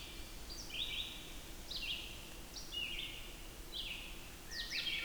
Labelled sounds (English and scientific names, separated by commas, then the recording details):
Red-eyed Vireo (Vireo olivaceus) song
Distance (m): 70 m
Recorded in boreal forest in Alberta, Canada, on 14 June 2016 at 06:15
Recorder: SongMeter 3, array SBT-3-33
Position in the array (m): 153 m, 177 m